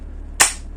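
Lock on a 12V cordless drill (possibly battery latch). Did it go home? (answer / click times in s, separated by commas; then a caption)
yes / 0.4 s. A locking feature on an OEM Professional CD01 12V cordless drill, possibly the battery latch, is pressed in by hand. A single loud, sharp snap sounds at 0.4 s over a low steady hum, and the lock seats in its locked position.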